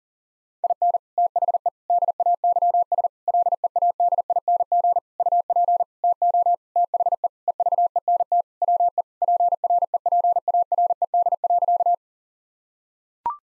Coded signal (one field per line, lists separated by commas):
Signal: Morse code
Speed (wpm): 40 wpm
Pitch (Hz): 700 Hz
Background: none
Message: IN THE DAYS LEADING UP TO THE EVENT WE PREPARED.